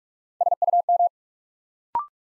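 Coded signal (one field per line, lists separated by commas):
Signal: Morse code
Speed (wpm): 44 wpm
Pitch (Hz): 700 Hz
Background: none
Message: SUM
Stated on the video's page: Morse practice at 45 wpm building three-letter words one letter at a time, for instant character recognition.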